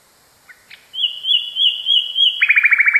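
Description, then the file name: Common nightingale song: two soft notes, a long sustained high whistle with slight wavering, then a rapid trill of repeated notes. Song variation. "kicauan-nightingale-a-variasi 1-omkicau"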